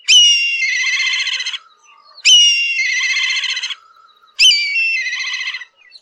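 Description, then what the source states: Black kite calling: three shrill, whistled calls, each opening with a high sharp note and trailing into a long quavering whinny, repeated about every two seconds. Very shrill, whistle-like call, probably the origin of its Hindi and Bengali name Cheel.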